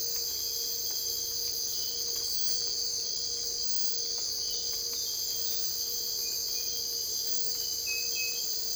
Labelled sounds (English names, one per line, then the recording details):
none
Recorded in dense forest near Puerto Asís, Putumayo, Colombia, on 22 December 2024 at 03:00
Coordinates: 0.482, -76.320
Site G021